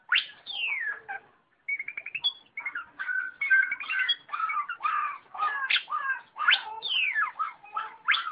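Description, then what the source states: Long-tailed shrike: cendet song, a rapid varied medley of whistled, slurred and chattering notes, some rising, some falling, with a brief pause near the start. Combination song style (kombinasi).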